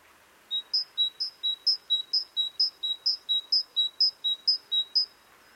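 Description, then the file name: Great tit song: a clear two-note whistle, low then slightly higher, repeated many times in a steady, even rhythm, with faint background hiss. "Parus major"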